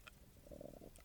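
A soft, low gurgling rumble swells for about half a second, with a faint hollow hum, over quiet room noise, from an adult's abdomen on an empty stomach. This is ordinary stomach rumbling (borborygmi), gas and fluid moving through an empty gut, and is harmless.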